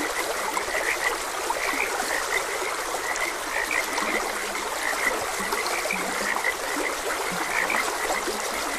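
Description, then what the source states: Frogs chirp in a thick chorus while a few deeper croaks sound in the second half, over a steady trickling stream. Frogs croaking beside a gentle stream.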